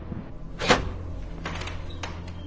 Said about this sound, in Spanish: Silenciosamente introduce la llave en la cerradura, abre la puerta de cristal y el fresco de la noche le pega en la cara.